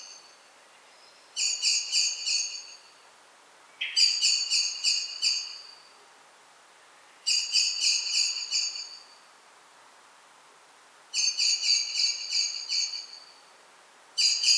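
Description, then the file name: Common blackbird calls: bursts of rapid, high, ringing notes, each series lasting about one and a half seconds and returning every two to four seconds. "Turdus merula"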